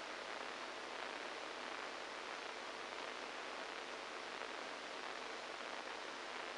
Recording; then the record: brain microelectrode recording played as sound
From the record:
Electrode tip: inside the subthalamic nucleus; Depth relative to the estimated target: -5 mm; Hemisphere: right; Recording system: NeuroSet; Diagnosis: Parkinson's disease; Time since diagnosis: 7 years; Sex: male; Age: 69 years